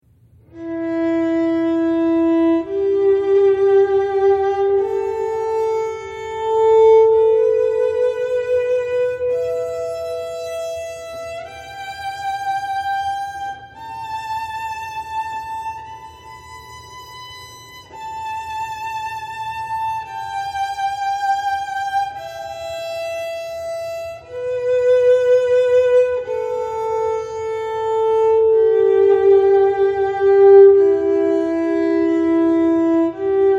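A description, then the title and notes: Several steady tones sound together, layered notes that climb in pitch over the first ten seconds, hold high and thin through the middle, then step back down toward the end. A low, constant hum sits underneath throughout, and the level stays fairly even. All of the tones played together.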